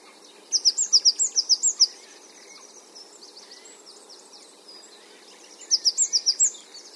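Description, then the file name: Great tit calls: two quick runs of high, sharp repeated notes, each lasting about a second, separated by quieter faint chirping. "Parus major"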